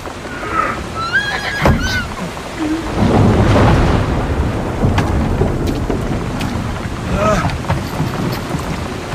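A horse lets out a high, quavering whinny near the start and another shorter one later, both over a steady, rough rumble of background noise.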